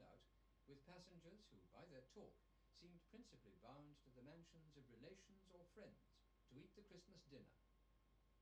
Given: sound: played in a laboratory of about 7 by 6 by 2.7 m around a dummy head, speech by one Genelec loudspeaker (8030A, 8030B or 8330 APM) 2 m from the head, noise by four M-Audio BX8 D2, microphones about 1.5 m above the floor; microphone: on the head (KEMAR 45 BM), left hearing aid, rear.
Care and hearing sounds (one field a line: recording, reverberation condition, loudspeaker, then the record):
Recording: male speech in English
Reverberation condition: low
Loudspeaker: 30 degrees to the right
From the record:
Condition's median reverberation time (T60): about 310 ms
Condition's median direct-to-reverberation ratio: about 3.5 dB